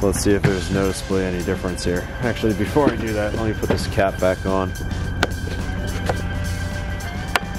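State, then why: Seated. Someone talks over background music while pressing the plastic rear dust cap back onto the rear of the headlight housing on an Audi S4 during a headlight repair. The cap snaps back into place, seated, with a sharp click at 7.4 s.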